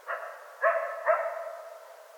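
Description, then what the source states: Coyote calls in three short harmonic bursts, yelping notes spaced about half a second apart with a trailing wavering tone. Coyotes, recorded 25 January 2013.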